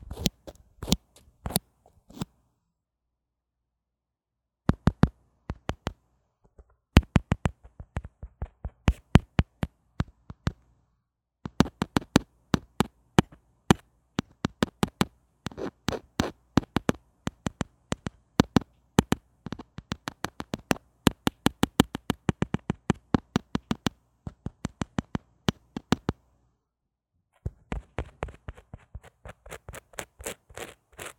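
Microphone handling and fiddling: a run of sharp taps and clicks, each a quick crack. They come in uneven bursts, sometimes rapid and dense, with silent gaps near 3–4 seconds and around 27 seconds. Faint rustling fills some of the spaces between hits.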